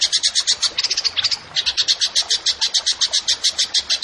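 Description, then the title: Bird song of quick repeated high chips, evenly spaced, with a short scratchy twitter before the chipping resumes. Songbird singing actively (gacor) in 'tembakan' style, for training songbirds (masteran). "Masteran Burung Tembakan Gacor"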